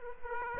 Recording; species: mosquito wingbeat signal from an infrared sensor; Aedes aegypti